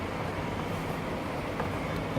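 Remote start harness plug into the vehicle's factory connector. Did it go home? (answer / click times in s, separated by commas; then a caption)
no / none. A remote start harness connector from a plug-and-play kit for a 2016–2018 Ford Explorer is lined up with the vehicle's factory connector socket and started in, before being pushed home. Only a steady, even low-frequency rumble is heard for about 2.2 seconds, with no distinct handling sounds. Nothing has seated or clicked yet.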